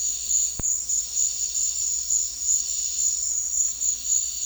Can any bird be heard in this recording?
no